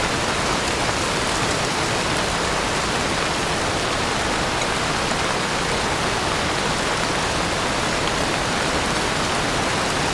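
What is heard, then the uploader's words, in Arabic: Soft rain falls steadily in a forest, a dense, even hiss of countless drops pattering on leaves and soft ground without pause. المطر الناعم في الغابة. دع المطر الربيعي الناعم ينقلك إلى السكينة في هذا التسجيل الدقيق لـ ASMR. استمع إلى الرقص المائي على الأوراق، مع ترنيمة خفيفة على أرضية الغابة. اسمعها تقطر بثبات على الأرض الطرية.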